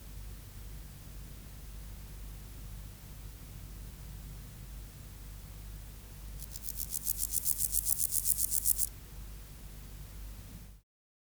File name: Chorthippus parallelus